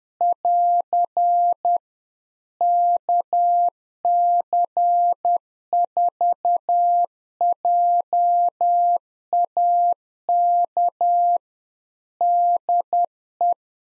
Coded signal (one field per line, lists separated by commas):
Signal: Morse code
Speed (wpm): 10 wpm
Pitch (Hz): 700 Hz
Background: none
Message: <AR> KC4JAK DE